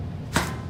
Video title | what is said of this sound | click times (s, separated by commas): Gallowtech firearms wall hanging system | on the top of these panels you can take that and then insert it locks | 0.4 s